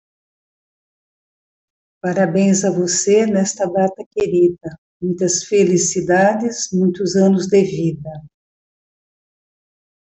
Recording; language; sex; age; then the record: short text; Brazilian Portuguese; female; 70 to 79 years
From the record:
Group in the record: control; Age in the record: 73 years